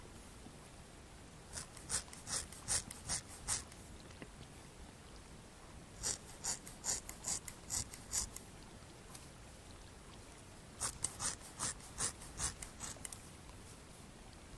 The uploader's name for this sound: Brushing, Trimming, Scissor Sounds